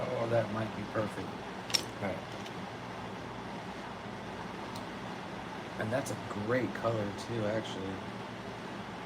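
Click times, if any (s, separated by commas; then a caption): none. A jeweler handles a small diamond at a gold jewelry setting, ready to press it in, while someone talks over a steady low hum. Nothing has seated or clicked yet; the stone has not snapped into the setting.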